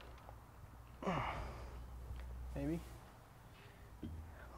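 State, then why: Not seated. A plastic quick-connect vent line fitting is pushed onto the port of a new charcoal canister on a 2005 Chevy Tahoe, a repair for slow fuel filling caused by clogged canister vent lines. Someone strains with sighs and grunts over a low hum, and only faint taps are heard. The connector has not clicked on yet.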